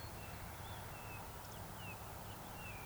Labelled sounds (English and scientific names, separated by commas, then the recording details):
Eurasian Woodcock (Scolopax rusticola) whistle
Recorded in Baden-Württemberg, Germany, on 26 June 2021 at 19:37 UTC
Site 45499, 200 m above sea level